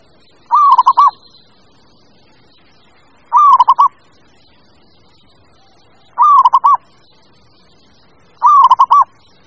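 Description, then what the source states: Bird call, a short warbling phrase with clicking notes, repeated four times against a quiet background. Mixed birds.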